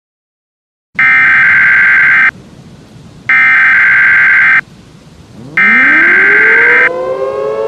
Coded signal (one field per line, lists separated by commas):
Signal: Emergency Alert System (SAME) tones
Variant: header bursts